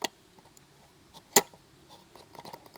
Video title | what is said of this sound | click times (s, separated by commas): CHEAPER JETBOIL? - Fire Maple Fixed Star X2 | and it locks in place as well there's actually a latch here see | 1.4 s